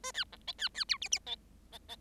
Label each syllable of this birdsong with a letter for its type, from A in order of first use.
A B C D B B E F F D D D